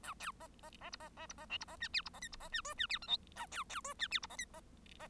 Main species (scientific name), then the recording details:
Lonchura striata domestica. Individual Bird1